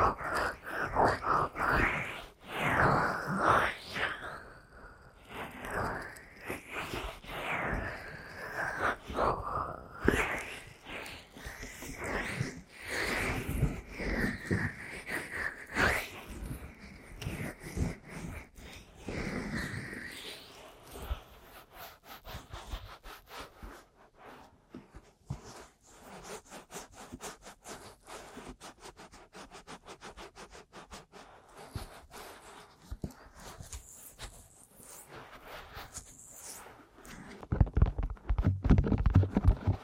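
Aggressive ear massage and tapping: dense, rapid rubbing and scratching that swells and fades through the first twenty seconds, full and bright. After that the sound thins into quicker, lighter taps and crackles at a lower level, building to louder bursts in the final seconds.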